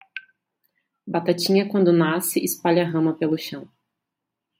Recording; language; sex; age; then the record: short text; Brazilian Portuguese; female; 30 to 39 years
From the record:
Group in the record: control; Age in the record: 33 years